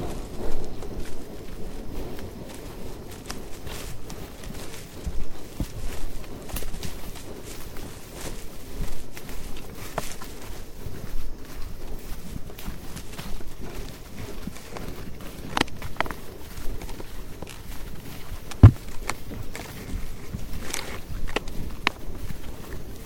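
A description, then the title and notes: A hike through the Tambopata rainforest in Peru, with a steady low rumble underneath and frequent crisp ticks and crunches like footsteps on leafy ground. The crackling stays fairly even throughout, with one sharp knock standing out near the nineteen-second mark. Hike in Tambopata Reserve rainforest, Peru.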